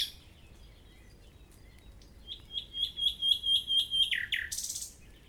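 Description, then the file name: Common nightingale song: a series of repeated notes building in loudness, ending in a harsh buzzy flourish. "Luscinia megarhynchos"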